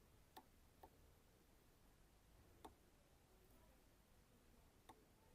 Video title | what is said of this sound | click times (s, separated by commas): Inverser théorie et pratique : ma méthode pour des TP plus efficaces | Vous entendez ce petit clic ? Le petit clic, ça veut dire que l'objectif, il est bien en face. | 0.4 s, 0.8 s, 2.7 s, 4.9 s